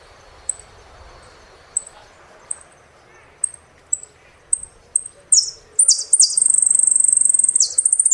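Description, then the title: Saffron finch song: spaced high chip notes that quicken, then harsh phrases and a long, rapid buzzy trill to the end. "Jilguero Argentino"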